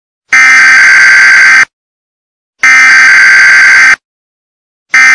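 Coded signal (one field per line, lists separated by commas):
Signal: Emergency Alert System (SAME) tones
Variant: header bursts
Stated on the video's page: Severe thunderstorm warning.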